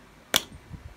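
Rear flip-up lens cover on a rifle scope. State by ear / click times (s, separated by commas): released / 0.4 s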